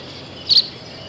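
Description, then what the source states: Tree swallow call: a brief, high chirp in the middle, set against a steady background hiss. New York.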